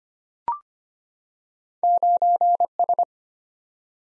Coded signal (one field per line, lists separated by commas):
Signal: Morse code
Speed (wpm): 25 wpm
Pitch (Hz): 700 Hz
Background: none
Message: 9S